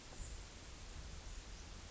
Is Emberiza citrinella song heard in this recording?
no